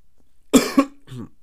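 Two quick, sharp coughs about a quarter second apart from an adult man with a mild cold, followed by a softer voiced tail as the throat settles. The coughs are abrupt and fairly dry-sounding, in a quiet room.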